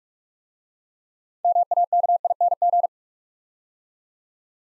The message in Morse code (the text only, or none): MAKING